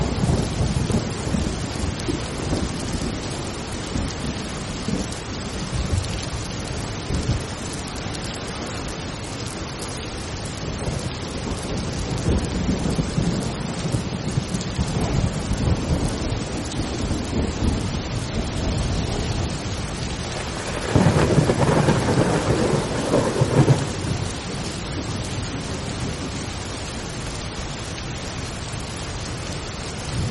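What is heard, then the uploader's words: Steady, dense rain hisses throughout while low thunder rumbles roll beneath, swelling into a louder crack and boom around twenty-one seconds. Rain and thunder Sounds. Rainstorm Sounds.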